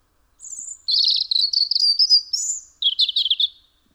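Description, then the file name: European robin song, a high thin note followed by a long, fluid warbling phrase, then a shorter twittering burst, with no other sounds. "Erithacus rubecula"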